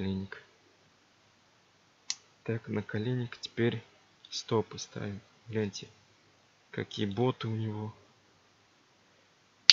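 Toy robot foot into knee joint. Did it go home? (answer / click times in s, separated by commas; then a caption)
yes / 9.7 s. Someone talks while assembling a plastic toy construction robot figure, with a brief sharp click at 2.1 s. At 9.7 s the robot's plastic foot is pressed onto its knee joint and seats with one sharp, loud snap.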